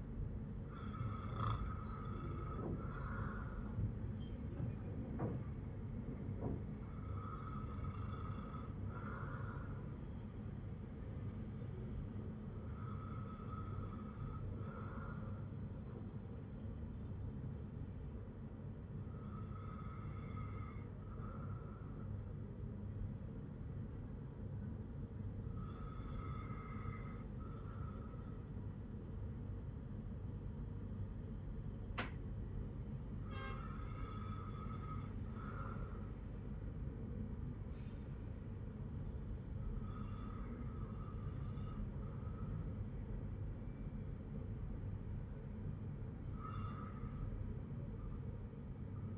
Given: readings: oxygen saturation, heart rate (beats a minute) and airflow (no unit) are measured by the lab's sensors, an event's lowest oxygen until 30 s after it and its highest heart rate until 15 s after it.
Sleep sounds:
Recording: breathing in sleep by a smartphone at the bedside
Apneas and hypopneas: none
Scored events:
none scored
From the record:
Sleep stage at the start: N2 (light sleep)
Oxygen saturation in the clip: 93 to 96%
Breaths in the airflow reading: 8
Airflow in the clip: -6.9 to 6.7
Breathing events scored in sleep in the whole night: 182 in 7.4 hours asleep

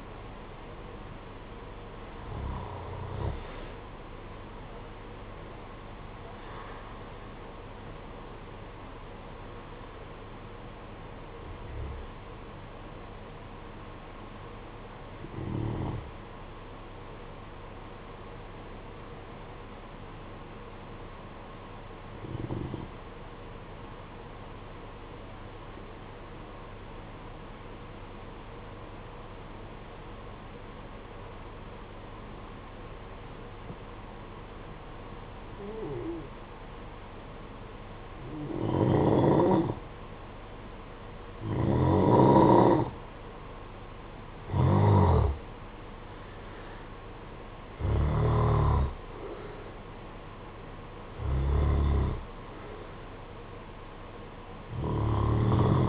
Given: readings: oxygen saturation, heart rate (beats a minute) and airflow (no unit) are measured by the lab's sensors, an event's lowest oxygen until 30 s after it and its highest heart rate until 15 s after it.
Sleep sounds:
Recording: breathing in sleep by a voice recorder at the bedside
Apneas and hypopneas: 1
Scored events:
23.00-40.80 s: hypopnea (N2, oxygen 95% highest, then 87% lowest, heart rate 51 at the start, 66 highest)
From the record:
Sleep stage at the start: N2 (light sleep)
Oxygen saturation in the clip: 87 to 95%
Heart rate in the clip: 51 to 66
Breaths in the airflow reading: 13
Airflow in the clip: -13.3 to 22.5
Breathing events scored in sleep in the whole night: 476 in 9.7 hours asleep

